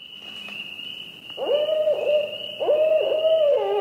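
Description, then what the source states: Barred owl hooting: after a quiet start, hoots that rise at first and then hold steady come in two bursts, over a steady high insect-like drone. Female calling out to other owls, as if saying 'where are you? I'm over here'.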